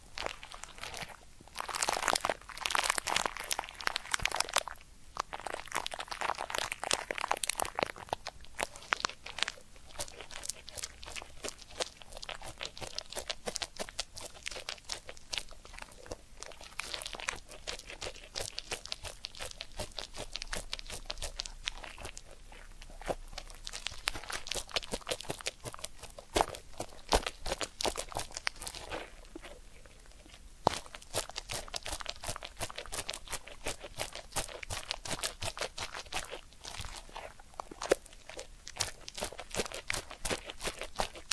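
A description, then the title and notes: Ear cleaning sounds: dense, crackling scratches and crinkles rub against the microphone in rapid, uneven bursts. The rustling is loudest and brightest in the first eight seconds, then settles into steadier scraping with sharper clicks and pops scattered throughout. ASMR 10 Sleep Inducing Ear Cleaning Triggers with 3D Brain Penetration (No Talking).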